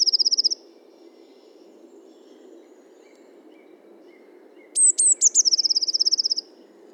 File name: Cyanistes caeruleus 311018